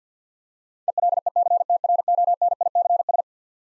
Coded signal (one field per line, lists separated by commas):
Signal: Morse code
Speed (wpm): 47 wpm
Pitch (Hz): 700 Hz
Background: none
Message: ELECTRONICS